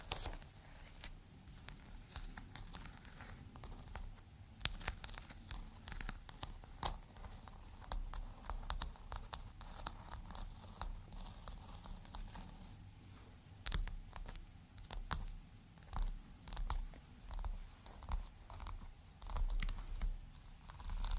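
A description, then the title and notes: Tingly textures of quick tapping and crinkling clicks, dense and irregular throughout, with a soft low rumble underneath and rhythmic swells near the end. Surprisingly tingly textures.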